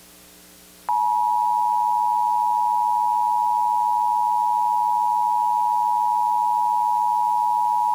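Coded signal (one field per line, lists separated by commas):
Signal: Emergency Alert System (SAME) tones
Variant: 853 and 960 Hz attention tone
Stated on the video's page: Remake of a 1999 Required Monthly Test on a cable system, recreated rather than original.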